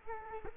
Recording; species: mosquito wingbeat signal from an infrared sensor; Culex quinquefasciatus